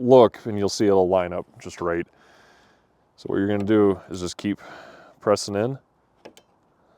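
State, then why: Seated. A new rear wiper blade is pressed onto the wiper arm of a 2011 Ford Expedition while someone talks. After the talking stops, two short clicks at 6.2 and 6.4 seconds mark the blade locking in place, seated and secure.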